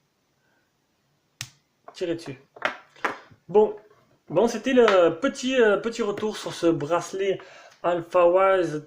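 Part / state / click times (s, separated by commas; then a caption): charging clip off fitness tracker / released / 1.4 s. A plastic charging clip is pulled off an Alfawise T02 fitness tracker band, releasing with a single sharp snap at 1.4 s. After that, someone talks.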